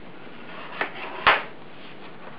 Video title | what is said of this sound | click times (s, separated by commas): How to Replace a Compaq Presario B1800 Laptop Screen | And you hear them all snap in. | 0.8 s, 1.3 s